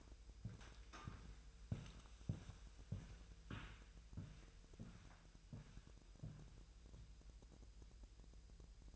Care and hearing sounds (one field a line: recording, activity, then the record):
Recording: daily activity, microphone in the room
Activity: walk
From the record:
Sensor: 2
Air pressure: 1002.0 hPa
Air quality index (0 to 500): 228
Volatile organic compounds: 56 ppm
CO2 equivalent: 3374 ppm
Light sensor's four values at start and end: 6/15/6/7 and 7/16/6/7